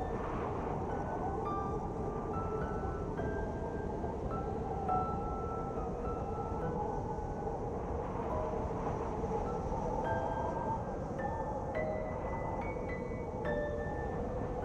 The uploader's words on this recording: SNOWSTORM Sound and Relaxing MUSIC. This episode offers you the sound of a winter blizzard accompanied by soft music.